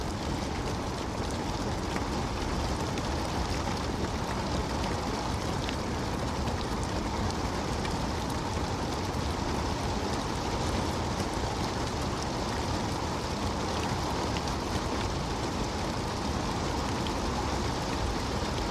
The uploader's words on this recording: Rainy Bliss: Experiencing the Serene Rain.